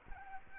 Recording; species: mosquito wingbeat signal from an infrared sensor; Aedes aegypti